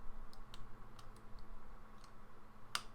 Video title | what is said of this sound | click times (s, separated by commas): Joy Con Shell Replacement- Complete Detailed Teardown and Assembly | and it will snap into place | 2.7 s